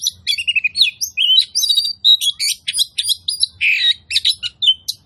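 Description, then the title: Oriental magpie-robin song, a rapid run of varied high whistles, slurred notes and chattery phrases with barely a pause throughout. Kacer song used as a provocation track to make other magpie-robins fight, spread their tails and display; described as loud, continuous bursts (tembakan), gacor plong. "KACER NGOTOT FULL TEMBAKAN. Pancingan Kacer Gacor Plong Plongan Buat Kacer Lain Auto Emosi Buka Ekor Ngobra"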